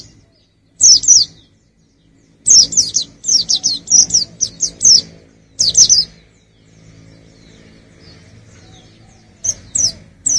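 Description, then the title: White-eye song: bursts of high, rapid twittering chirps with short silent gaps between phrases. "pleci"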